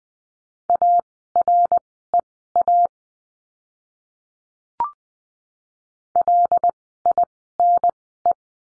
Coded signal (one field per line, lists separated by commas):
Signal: Morse code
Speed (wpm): 20 wpm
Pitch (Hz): 700 Hz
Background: none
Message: AREA LINE